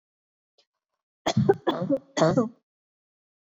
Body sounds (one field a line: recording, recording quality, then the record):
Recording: heavy voluntary cough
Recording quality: excellent, no background noise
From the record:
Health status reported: COVID-19 positive, mild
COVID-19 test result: positive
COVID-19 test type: RT-PCR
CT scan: not taken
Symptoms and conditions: cough, cold, sore throat, fever, fatigue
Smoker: no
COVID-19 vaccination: both doses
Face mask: not worn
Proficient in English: yes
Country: India